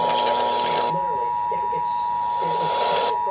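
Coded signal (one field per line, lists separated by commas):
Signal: Emergency Alert System (SAME) tones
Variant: 853 and 960 Hz attention tone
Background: speech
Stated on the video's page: Compilation of 48 EAS alerts, recorded with a phone.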